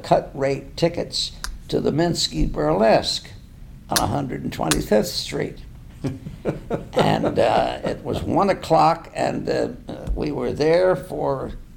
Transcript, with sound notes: cut-rate tickets to the Minsky Burlesque, 125th Street. [laughter] And it was one o’clock and then we were there for